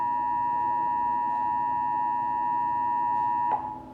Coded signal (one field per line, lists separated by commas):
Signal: Emergency Alert System (SAME) tones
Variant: 853 and 960 Hz attention tone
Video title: National Weather Service Severe Thunderstorm Warning EAS and NOAA Radio: Dallas, TX